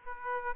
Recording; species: mosquito wingbeat signal from an infrared sensor; Aedes aegypti